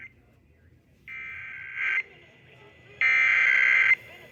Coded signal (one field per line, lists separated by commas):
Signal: Emergency Alert System (SAME) tones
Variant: header bursts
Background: speech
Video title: Lowkenuinely forgotten RMT from this month (EAS 464-466)